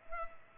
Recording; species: mosquito wingbeat signal from an infrared sensor; Culex pipiens